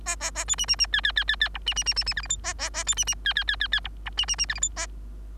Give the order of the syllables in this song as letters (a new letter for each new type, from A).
A A A B C C C D D D D D E C C C C C F G H A A A B C C D D D D D E E C C C F G H A